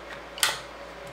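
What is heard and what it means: A trigger grip frame for a Tippmann A-5 paintball marker, fitted with a double trigger, is slid onto the marker receiver with its holes lined up. A faint tick at 0.4 s leads into a sharp, bright click at 0.4 s as the trigger release snaps into place. The grip frame is seated.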